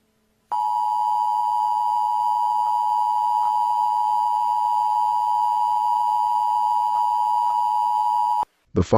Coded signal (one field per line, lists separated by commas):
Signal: Emergency Alert System (SAME) tones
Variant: 853 and 960 Hz attention tone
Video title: EAS Mock Scenario - LA Summer Walk-A-Thon Bombing Attacks